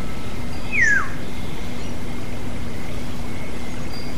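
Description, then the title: Black-naped oriole gives one smooth whistle that falls in pitch early on, then only a low continuous hum and light background noise. "kepodang"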